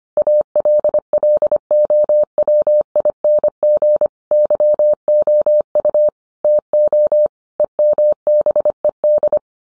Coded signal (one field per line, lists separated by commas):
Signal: Morse code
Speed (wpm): 25 wpm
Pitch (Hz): 600 Hz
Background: none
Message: ALLOWING YOU TO EMBED